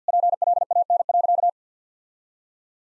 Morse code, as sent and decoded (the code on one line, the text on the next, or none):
.--. .-.. .- -. .-.-.-
PLAN.